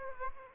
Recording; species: mosquito wingbeat signal from an infrared sensor; Aedes aegypti